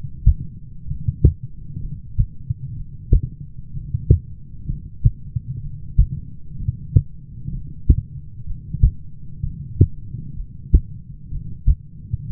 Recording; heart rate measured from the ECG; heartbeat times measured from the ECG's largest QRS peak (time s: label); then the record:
heart sounds by stethoscope; 63 bpm
0.87 s: heartbeat
1.80 s: heartbeat
2.76 s: heartbeat
3.73 s: heartbeat
4.66 s: heartbeat
5.62 s: heartbeat
6.58 s: heartbeat
7.51 s: heartbeat
8.46 s: heartbeat
9.43 s: heartbeat
10.35 s: heartbeat
11.31 s: heartbeat
12.27 s: heartbeat
From the record:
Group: heart failure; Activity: light exercise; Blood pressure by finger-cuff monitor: 96/57 mmHg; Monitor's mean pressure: 69 mmHg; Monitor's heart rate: 63 bpm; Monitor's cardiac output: 6.8 L/min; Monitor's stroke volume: 109 mL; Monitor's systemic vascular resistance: 720 dyn s/cm5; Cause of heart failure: dilated cardiomyopathy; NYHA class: 2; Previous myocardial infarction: absent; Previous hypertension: absent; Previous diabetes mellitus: absent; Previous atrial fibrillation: absent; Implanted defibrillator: absent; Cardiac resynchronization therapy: absent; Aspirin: absent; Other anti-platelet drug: absent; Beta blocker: bisoprolol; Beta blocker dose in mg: 10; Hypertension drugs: sacubitril-valsartan, spironolactone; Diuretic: furosemide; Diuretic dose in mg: 40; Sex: male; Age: 29 years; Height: 174 cm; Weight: 92 kg